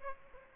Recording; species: mosquito wingbeat signal from an infrared sensor; Aedes aegypti